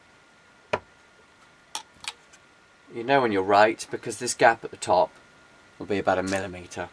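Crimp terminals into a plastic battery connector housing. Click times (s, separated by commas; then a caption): 0.7 s, 1.8 s. A flat screwdriver pushes crimped metal terminals on the ESC battery wires of an Axial SCX10 Honcho build into a plastic battery connector housing until they lock. Sharp clicks are heard at 0.7 s and 1.8 s, with a softer tick at 2.1 s, and someone talks from about 3 s on. The terminals click home and are seated.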